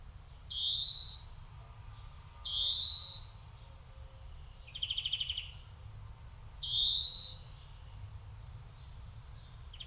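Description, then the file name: European greenfinch calls: three drawn-out rising wheezes, plus one short buzzy trill in between, over faint low rumble. "Chloris chloris"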